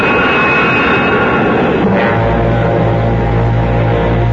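A loud, steady mechanical roar of a train pulling in at a station platform as a crowd moves forward to board, with a deep droning hum that settles in about halfway through and holds to the end. No voices.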